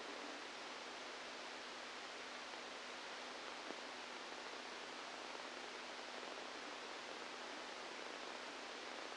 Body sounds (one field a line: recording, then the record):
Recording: brain microelectrode recording played as sound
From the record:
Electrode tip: inside the subthalamic nucleus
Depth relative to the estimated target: -3 mm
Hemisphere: left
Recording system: NeuroSet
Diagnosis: Parkinson's disease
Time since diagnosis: 17 years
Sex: male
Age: 64 years